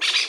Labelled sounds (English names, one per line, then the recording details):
Brown-throated Parakeet contact call
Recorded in Margarita
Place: Mangroves NW of Las Tetas de Ma. Guevara
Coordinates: 10.962, -64.143